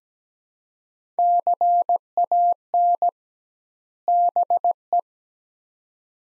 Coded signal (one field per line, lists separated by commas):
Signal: Morse code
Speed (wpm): 17 wpm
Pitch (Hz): 700 Hz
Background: none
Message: CAN BE